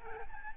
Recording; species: mosquito wingbeat signal from an infrared sensor; Aedes albopictus